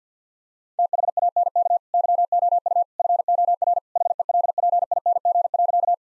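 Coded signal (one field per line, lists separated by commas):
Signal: Morse code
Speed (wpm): 50 wpm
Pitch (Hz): 700 Hz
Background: none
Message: THANK YOU FOR HELPING.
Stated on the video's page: Morse practice sets at 50 wpm: sentences with common three-word phrases, each sent, then spoken, then sent again for head-copy.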